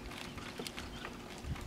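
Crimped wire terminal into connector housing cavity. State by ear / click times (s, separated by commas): seated / 0.7 s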